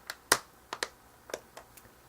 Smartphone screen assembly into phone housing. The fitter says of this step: make sure the top is aligned and snap the screen gently into place there will be a series of satisfying clicks as